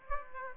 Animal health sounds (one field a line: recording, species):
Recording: mosquito wingbeat signal from an infrared sensor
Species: Aedes aegypti